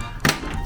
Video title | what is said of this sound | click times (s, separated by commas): OH NO, I'VE MUD ON MY BELSTAFF! - BMW F650GS GREEN LANING | and then it just goes on with a nice click and that is it that is going nowhere | 0.3 s